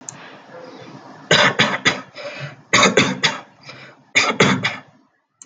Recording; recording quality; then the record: shallow voluntary cough; moderate, slight background noise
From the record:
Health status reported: healthy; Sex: male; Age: 22 years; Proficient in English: yes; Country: India